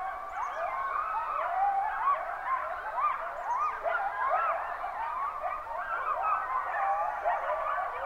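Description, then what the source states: Coyotes in full chorus, many sliding, rising and falling howls and yips layered together in a continuous wavering wall of sound. Chorus on 23 July 2005 at 05:26.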